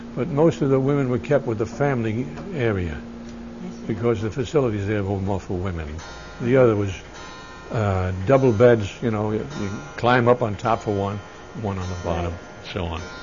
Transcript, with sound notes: But most of the women were kept with the family area because the facilities there were more for women. ( a clock chimes ) The other was, uh, double beds, you know, you climb up on top for one, one on the bottom and so on.